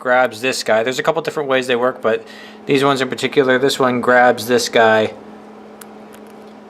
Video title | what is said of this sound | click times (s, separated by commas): Track Bike Build EP.1 - R6 Armour Bodies | twist and pull it in and it's a detent it's so that it will lock into place like this and then | 5.8 s